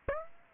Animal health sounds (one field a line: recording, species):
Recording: mosquito wingbeat signal from an infrared sensor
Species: Aedes aegypti